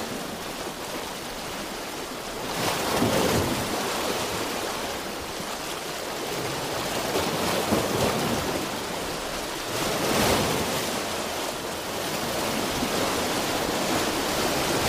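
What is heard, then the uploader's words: Ocean sound forms a dense, steady hiss of surf spread from low rumble to bright spray. The level swells gently twice, around three seconds and again near ten, like waves breaking before easing back into the constant wash. Ocean Sounds White Noise.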